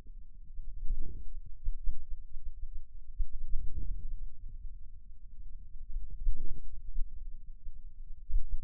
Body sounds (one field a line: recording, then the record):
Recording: forearm muscle sounds (acoustic myography)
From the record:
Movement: hand closing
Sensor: system 2, bracelet of six BSWA MPA416 microphones around the upper forearm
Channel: 5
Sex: male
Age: 22 years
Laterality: right